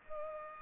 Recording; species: mosquito wingbeat signal from an infrared sensor; Culex pipiens